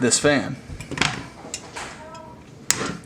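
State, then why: Seated. A cooling fan is clipped onto a CPU cooler heatsink while someone talks, with a few small knocks and rattles around 1.0 and 1.5 seconds. A loud, sharp click at 2.7 seconds marks the fan's clips locking into place, and the fan is seated on the heatsink.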